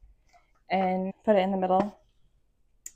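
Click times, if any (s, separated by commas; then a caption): 2.9 s. The lid of a drinking tumbler is turned halfway toward unlock and pressed in the middle while someone talks. A short, sharp click sounds at 2.9 s as the lid pops free.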